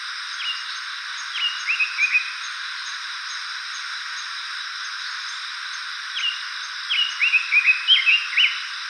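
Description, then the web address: Blue rock thrush with brief clusters of sharp whistled notes, a short group near the start and a longer run near the end, against constant hissing background. Recorded 13 September 2013. "birdenaga isohiyodori"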